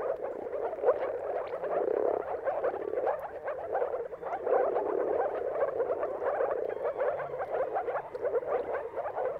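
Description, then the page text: Many moor frogs giving soft, low bubbling mating calls, a dense overlapping chorus with gentle rises and dips in loudness. Chorus of moor frog mating calls at sunrise, at the turn of March and April, timing depending on the weather. "Jakub-Orzecki moor frogs. Dawn’s Chorus: Mating Calls of Marsh Frogs at Sunrise. Depending on the weather at the turn of March and April, you can witness an amazing spectacle of moor frogs"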